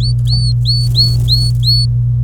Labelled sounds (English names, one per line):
Domestic Canary song